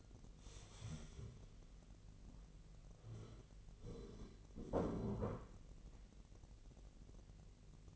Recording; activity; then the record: daily activity, microphone in the room; stand up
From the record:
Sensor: 4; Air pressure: 1002.4 hPa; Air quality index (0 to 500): 248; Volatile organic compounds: 38 ppm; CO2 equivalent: 3119 ppm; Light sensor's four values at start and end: 11/25/10/10 and 11/24/10/10